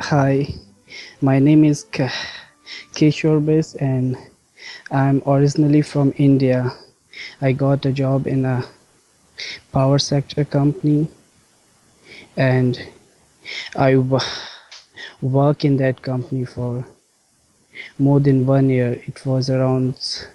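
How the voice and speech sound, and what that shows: Adult man originally from India who has stuttered since age 6 or 7, with very severe stammering until one month earlier. Speech comes in short, slow phrases with long pauses and stretched sounds, fitting controlled stuttering.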